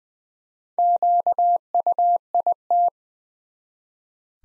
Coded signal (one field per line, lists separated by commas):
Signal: Morse code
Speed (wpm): 20 wpm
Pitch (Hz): 700 Hz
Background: none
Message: QUIT